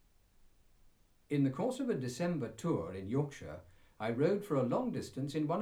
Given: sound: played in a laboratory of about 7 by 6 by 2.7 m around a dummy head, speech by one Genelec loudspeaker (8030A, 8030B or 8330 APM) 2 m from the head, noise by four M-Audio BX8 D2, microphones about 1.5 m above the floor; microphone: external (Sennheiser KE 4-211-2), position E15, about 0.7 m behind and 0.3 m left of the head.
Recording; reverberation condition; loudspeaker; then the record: male speech in English; low; 90 degrees to the right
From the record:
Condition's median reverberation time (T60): about 310 ms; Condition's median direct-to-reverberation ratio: about 3.5 dB